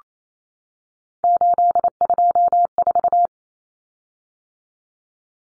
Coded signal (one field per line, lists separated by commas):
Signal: Morse code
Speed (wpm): 28 wpm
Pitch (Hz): 700 Hz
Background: none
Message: 824